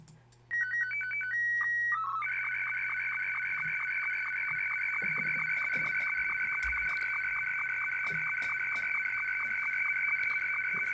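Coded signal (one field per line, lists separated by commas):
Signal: SSTV (slow-scan television)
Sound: short stepping beeps, then a steady warbling two-pitch tone with rapid regular ticks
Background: low hum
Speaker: now i'm going to go over to qss tv and i'm going to hit play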